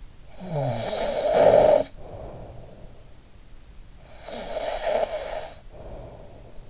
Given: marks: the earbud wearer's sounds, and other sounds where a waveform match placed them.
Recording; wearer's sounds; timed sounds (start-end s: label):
sounds in sleep by an in-ear microphone; snoring breath
0.00-3.25 s: snoring breath
3.54-6.45 s: snoring breath